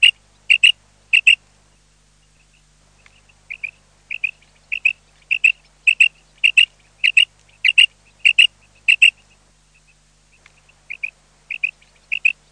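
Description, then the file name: Common quail call: loud clipped double notes in quick series, a pause with faint soft notes, then the rhythmic paired notes resume and continue. "QUAGLIA"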